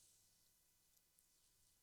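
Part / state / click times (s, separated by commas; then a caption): wire connector into its mating connector in sauna wall panel / not seated / none. A plastic wiring connector is handled by hand as it is brought to its mating connector in a MyoSauna Classic sauna wall panel. Only a very quiet low hum and faint rustling are heard, with a couple of tiny ticks near 1.0 and 1.2 seconds. The connector has not clicked or seated yet.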